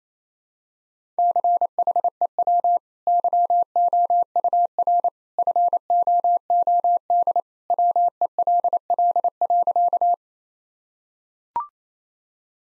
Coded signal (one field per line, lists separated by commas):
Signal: Morse code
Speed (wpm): 27 wpm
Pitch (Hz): 700 Hz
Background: none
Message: CHEW YOUR FOOD WELL.